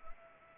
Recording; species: mosquito wingbeat signal from an infrared sensor; Anopheles arabiensis